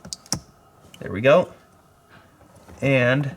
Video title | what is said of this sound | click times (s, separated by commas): Light Up Your Tesla! Replacing OEM lights with Abstract Ocean Lighting | push in - you hear the click there | 0.3 s